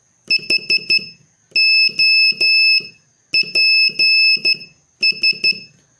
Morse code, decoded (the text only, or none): HOPS